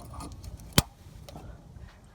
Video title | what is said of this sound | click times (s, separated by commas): How To Replace Fuel Filter Replacement Part # FF686DL On 97-2003 Ford F-150 Expedition | then hook up your fuel line and from the top hear that snap everyone | 0.8 s